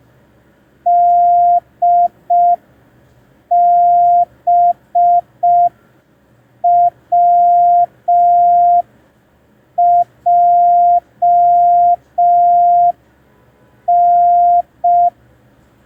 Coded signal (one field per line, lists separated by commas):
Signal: Morse code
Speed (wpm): 5 wpm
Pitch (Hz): 700 Hz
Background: none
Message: DBWJN